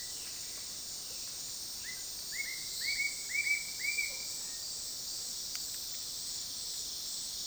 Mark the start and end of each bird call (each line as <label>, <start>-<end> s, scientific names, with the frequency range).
Attila spadiceus (1.1-3.0 kHz), 1.76-4.18 s